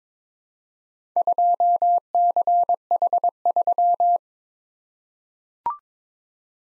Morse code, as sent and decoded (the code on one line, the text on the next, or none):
..--- -.-. .... ...--
2CH3